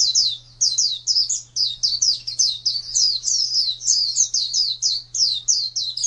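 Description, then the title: White-eye singing a fast, chattering warble of bright, high slurred notes in quick succession, with a constant low electrical hum beneath. "Pleci. suara"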